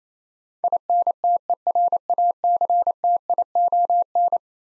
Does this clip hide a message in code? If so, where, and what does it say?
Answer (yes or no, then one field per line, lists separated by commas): yes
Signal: Morse code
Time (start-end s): 0.6-4.4 s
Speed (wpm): 27 wpm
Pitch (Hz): 700 Hz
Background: none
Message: INTERACTION